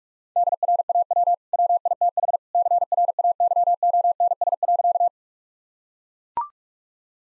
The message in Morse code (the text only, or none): DRAW WITH CRAYONS.